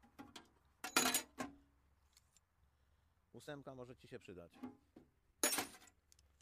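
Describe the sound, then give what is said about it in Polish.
Standard metal wrenches are tossed in together, clattering in a loud, bright jangle near the start, followed by brief speech, then another sharp burst of metallic clinking. “To standardowe klucze, więc ci wrzucam.”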